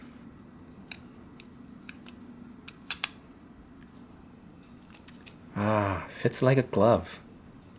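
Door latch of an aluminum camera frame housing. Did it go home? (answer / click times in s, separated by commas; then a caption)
no / none. An aluminum action-camera frame housing is handled around a GoPro Hero: its hinged door and lever are moved toward closing, giving a series of light metallic clicks and taps from about 0.9 to 3.0 seconds, loudest near 2.9 and 3.0 seconds. Someone then talks. Nothing has seated or clicked shut yet, and the door latch has not snapped in place by the end of the clip.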